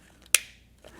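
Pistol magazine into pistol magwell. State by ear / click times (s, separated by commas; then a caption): seated / 0.4 s. A pistol magazine is pushed into the pistol grip's magwell until it latches. Faint handling noise comes first, then one sharp, loud click at 0.4 s that decays quickly, followed by quieter low rustling. The magazine is seated.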